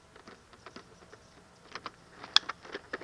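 A plastic attachment piece is lined up in its grooves and snapped into the body of a Nerf Ravager foam dart shotgun toy blaster. Light plastic rattles and taps build to a loud, sharp snap at 2.4 s, followed by a few softer clicks. The piece seats firmly in place, finishing the assembly.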